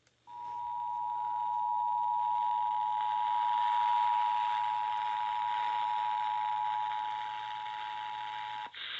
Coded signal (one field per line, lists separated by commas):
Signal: Emergency Alert System (SAME) tones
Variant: 853 and 960 Hz attention tone